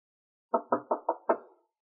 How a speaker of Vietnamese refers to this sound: Rét gõ cửa phòng Madame Lim.